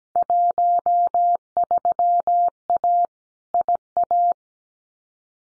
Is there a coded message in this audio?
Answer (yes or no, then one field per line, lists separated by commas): yes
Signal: Morse code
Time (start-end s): 0.2-4.3 s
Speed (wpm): 17 wpm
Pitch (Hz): 700 Hz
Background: none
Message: 13A IA